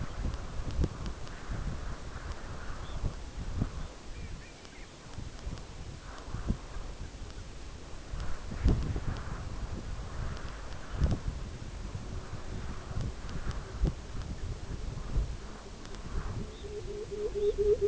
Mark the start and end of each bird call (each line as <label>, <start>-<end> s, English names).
Red Phalarope, 2.67-3.11 s
Red Phalarope, 3.62-3.97 s
Long-tailed Duck, 3.99-4.98 s
Long-tailed Duck, 6.51-7.43 s
Pectoral Sandpiper, 11.39-17.87 s
Red Phalarope, 16.30-16.79 s
Red Phalarope, 17.28-17.66 s